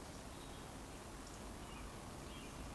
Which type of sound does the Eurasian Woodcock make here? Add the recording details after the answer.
whistle. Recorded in Baden-Württemberg, Germany, on 24 June 2020 at 19:45 UTC. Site 14569, 102 m above sea level